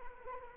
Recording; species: mosquito wingbeat signal from an infrared sensor; Anopheles arabiensis